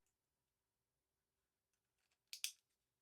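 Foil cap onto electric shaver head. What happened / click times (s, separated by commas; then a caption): The plastic cap snapped into place / 2.3 s, 2.4 s. A plastic foil cap, lined up by its logo side, is pressed onto the head of a palm-sized Panasonic Swipe Right travel shaver. It is quiet until two sharp clicks at 2.3 s and 2.4 s, and the cap seats correctly and locks in place, since it only clicks when faced the right way.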